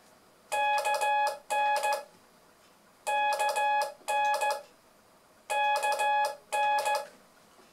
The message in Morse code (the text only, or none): KN KN KN